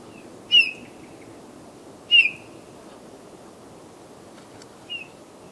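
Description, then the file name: Eurasian bullfinch calling with mellow piped whistles, two clear notes about one and a half seconds apart, then a fainter one, against steady background hiss. "Pyrrhula pyrrhula"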